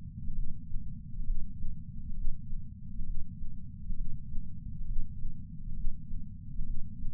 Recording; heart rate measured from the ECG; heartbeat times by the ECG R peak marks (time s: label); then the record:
heart sounds by patch sensor on the chest; 67 bpm
0.33 s: heartbeat
1.24 s: heartbeat
2.14 s: heartbeat
3.04 s: heartbeat
3.95 s: heartbeat
4.85 s: heartbeat
5.74 s: heartbeat
6.64 s: heartbeat
From the record:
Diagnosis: coronary artery disease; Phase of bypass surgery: preoperative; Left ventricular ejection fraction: 49.7%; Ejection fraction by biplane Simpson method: 49.4%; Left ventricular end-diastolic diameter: 55 mm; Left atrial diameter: 34 mm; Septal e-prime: 3.2 cm/s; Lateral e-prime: 4.4 cm/s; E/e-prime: 15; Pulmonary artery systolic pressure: 25 mmHg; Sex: female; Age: 70 years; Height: 152 cm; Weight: 65 kg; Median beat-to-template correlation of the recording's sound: 0.92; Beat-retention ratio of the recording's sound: 0.97